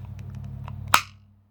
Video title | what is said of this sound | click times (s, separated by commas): Northeastern Blades Rhino Review | and you could hear that snap once the knife goes in. | 0.9 s